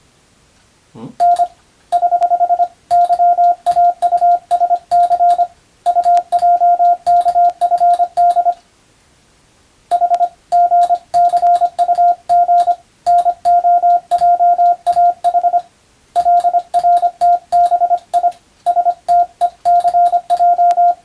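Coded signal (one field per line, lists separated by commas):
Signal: Morse code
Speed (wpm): 25 wpm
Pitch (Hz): 700 Hz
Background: radio noise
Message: N <HH> YAUSC UJKFD H GCUG NOJAH LRTBI STECJ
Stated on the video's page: Morse receiving practice for the Japanese radio operator national exam, recorded by a first-class radiotelegraph operator.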